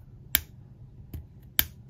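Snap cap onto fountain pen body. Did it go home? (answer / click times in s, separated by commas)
yes / 0.4 s, 1.6 s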